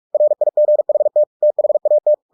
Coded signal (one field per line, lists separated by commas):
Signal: Morse code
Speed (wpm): 46 wpm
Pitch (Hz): 600 Hz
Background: none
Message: RIGHT THAT